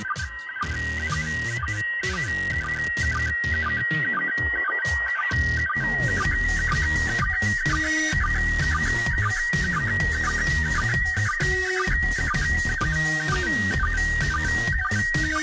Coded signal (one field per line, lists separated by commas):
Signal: SSTV (slow-scan television)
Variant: PD 120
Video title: ISS Estació Espacial Internacional en SSTV